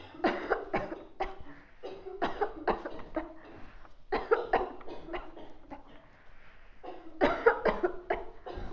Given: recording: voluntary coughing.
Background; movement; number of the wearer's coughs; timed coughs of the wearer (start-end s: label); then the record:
a bystander coughing; walking; 13
0.21-0.65 s: cough
0.71-0.99 s: cough
1.18-1.41 s: cough
2.19-2.59 s: cough
2.65-2.94 s: cough
3.14-3.34 s: cough
4.10-4.50 s: cough
4.50-4.81 s: cough
5.07-5.33 s: cough
5.53-5.88 s: cough
7.18-7.62 s: cough
7.62-7.99 s: cough
8.07-8.31 s: cough
From the record:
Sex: female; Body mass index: 18.8 kg/m2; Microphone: on the chest, facing outward